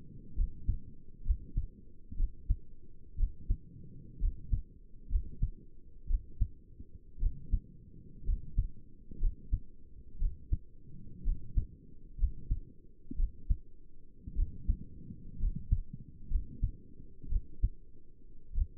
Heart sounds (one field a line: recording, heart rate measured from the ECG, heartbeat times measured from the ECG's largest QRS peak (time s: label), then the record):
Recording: heart sounds by stethoscope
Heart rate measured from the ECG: 59 bpm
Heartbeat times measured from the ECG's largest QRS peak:
0.37 s: heartbeat
1.26 s: heartbeat
2.18 s: heartbeat
3.18 s: heartbeat
4.21 s: heartbeat
5.11 s: heartbeat
6.09 s: heartbeat
7.21 s: heartbeat
8.26 s: heartbeat
9.21 s: heartbeat
10.20 s: heartbeat
11.25 s: heartbeat
12.19 s: heartbeat
13.18 s: heartbeat
14.37 s: heartbeat
15.40 s: heartbeat
16.31 s: heartbeat
17.30 s: heartbeat
18.56 s: heartbeat
From the record:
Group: healthy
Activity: rest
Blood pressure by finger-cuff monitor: 75/49 mmHg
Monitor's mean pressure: 57 mmHg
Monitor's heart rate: 61 bpm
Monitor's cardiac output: 5.5 L/min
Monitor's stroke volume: 92 mL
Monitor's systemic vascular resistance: 730 dyn s/cm5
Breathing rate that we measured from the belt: 16 breaths a minute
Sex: male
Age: 22 years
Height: 181 cm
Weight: 79 kg